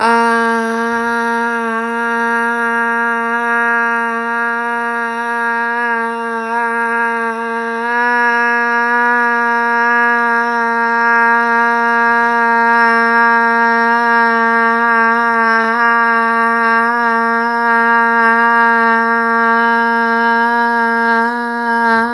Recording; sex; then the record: sustained vowel /a/; female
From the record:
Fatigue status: no fatigue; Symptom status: symptomatic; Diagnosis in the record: COVID-19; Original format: m4a